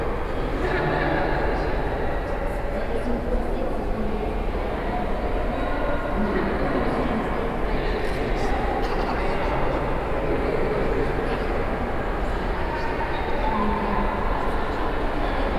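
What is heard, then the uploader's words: Under the capitol dome, a steady, dense wash of many voices echoes together, with a low rumble and occasional brighter clicks throughout. Texas State Capitol, Third Floor under the dome. Austin.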